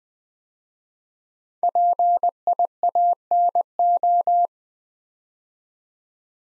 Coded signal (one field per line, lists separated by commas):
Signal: Morse code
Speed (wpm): 20 wpm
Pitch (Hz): 700 Hz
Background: none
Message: PIANO